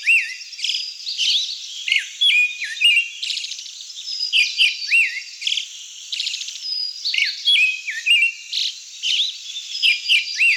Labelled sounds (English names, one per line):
Pale Thrush song